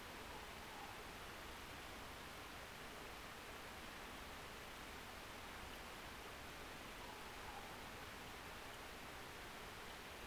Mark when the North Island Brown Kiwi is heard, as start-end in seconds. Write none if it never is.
none